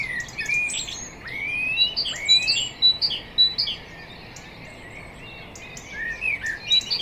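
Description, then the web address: Common blackbird calls: rising, slurred notes and quick high chirps through the first half, then a lull and a few more chirps near the end over constant hiss. "SETE data Turdus merula"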